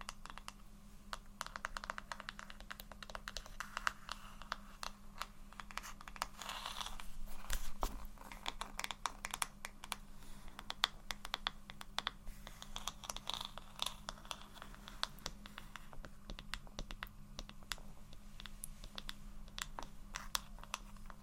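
Soft, gentle tapping and scratching runs through the whole clip in quick, irregular clusters of light clicks, a bit like typing. The taps come densely, with slightly louder bursts around seven to eight seconds, over a steady low hum underneath.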